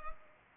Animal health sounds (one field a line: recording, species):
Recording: mosquito wingbeat signal from an infrared sensor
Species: Culex pipiens